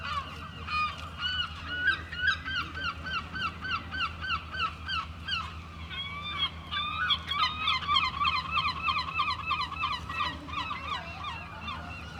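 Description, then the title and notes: Many gulls giving rapid, repeated squealing cries that overlap, over constant low background noise. Seagulls on a seafront esplanade at Mers-les-Bains, France; recorded with DPA 4060 microphones in AB position into a Zoom F3. "Esp. du Général Leclerc, 80350 Mers-les-Bains, France - Seagulls and people. Seagulls, waves in the distance, people passing by. Mouettes, vagues dans le lointain, promeneur·euses"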